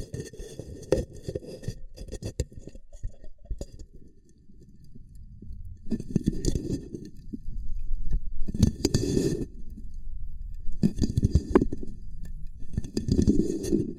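Ear cupping triggers: muffled, rumbling rubs and soft hollow thuds sit low, with crisp crackly rustles breaking in on top. The pressing comes in waves, with louder bursts around 6, 9, 11 and 13 seconds separated by quieter muffled stretches.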